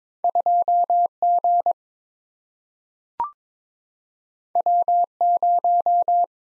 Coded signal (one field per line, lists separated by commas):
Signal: Morse code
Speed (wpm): 22 wpm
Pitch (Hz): 700 Hz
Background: none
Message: 2G W0